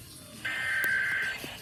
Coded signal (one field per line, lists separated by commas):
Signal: Emergency Alert System (SAME) tones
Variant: header bursts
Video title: National EAS Test 2023 | EAS #160-161